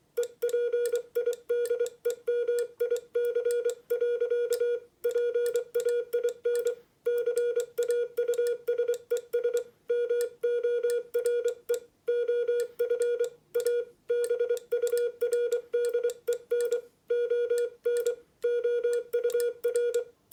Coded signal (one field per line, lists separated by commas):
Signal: Morse code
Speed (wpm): 24 wpm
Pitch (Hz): 480 Hz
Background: none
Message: EPIDEMIC. PAIN CAUSES MORE OF A BURDEN ON OUR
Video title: Morse Code Practice with RA1AOM Paddle